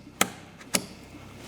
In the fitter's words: once you hear those two clicks you know that the ram is in place